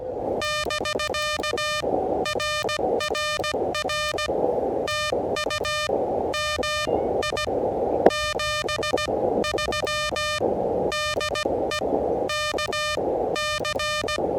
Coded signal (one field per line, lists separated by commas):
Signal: Morse code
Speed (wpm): 17 wpm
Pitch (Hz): 1210 Hz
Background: radio noise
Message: <BK> RRR TU MI 73 DE KC